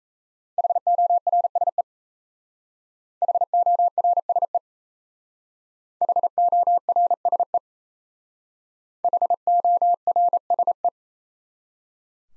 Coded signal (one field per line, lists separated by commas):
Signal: Morse code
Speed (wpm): 35 wpm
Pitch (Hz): 700 Hz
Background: none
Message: HORSE HORSE HORSE HORSE